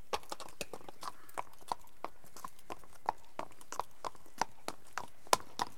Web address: The BBC Sound Effects Library. Horse